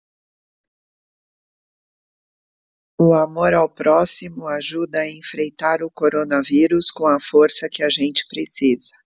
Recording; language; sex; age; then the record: spoken sentence; Brazilian Portuguese; female; 50 to 59 years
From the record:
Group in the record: control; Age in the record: 56 years